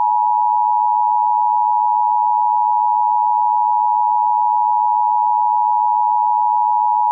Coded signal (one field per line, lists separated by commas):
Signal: Emergency Alert System (SAME) tones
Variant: 853 and 960 Hz attention tone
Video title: A Remastered EAS scenario: The Object Flags